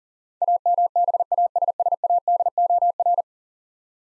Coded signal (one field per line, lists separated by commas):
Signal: Morse code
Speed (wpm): 40 wpm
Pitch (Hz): 700 Hz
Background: none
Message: AMBASSADOR